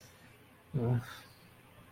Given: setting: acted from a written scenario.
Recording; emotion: vocal sound without words; sympathy